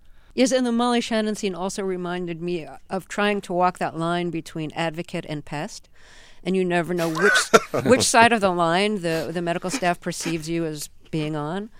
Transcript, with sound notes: Yes, and the Molly Shannon scene also reminded me of trying to walk that line between advocate and pest.
(LAUGHTER)
And you never know which side of the line the medical staff perceives you as being on.